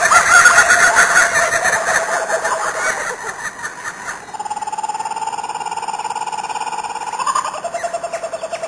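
Kookaburra laugh, loud cackling notes at first, easing into a lower, steady rolling chuckle, then a brief rising burst.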